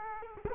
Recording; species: mosquito wingbeat signal from an infrared sensor; Culex quinquefasciatus